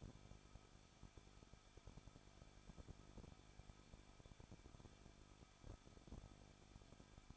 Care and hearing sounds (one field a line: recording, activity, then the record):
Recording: daily activity, microphone in the room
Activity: no activity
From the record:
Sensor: 5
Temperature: 20.8 degrees Celsius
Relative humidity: 38.2%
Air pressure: 1006.6 hPa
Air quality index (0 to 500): 186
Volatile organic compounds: 18 ppm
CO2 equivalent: 2611 ppm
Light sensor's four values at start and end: 2/3/1/1 and 2/3/1/1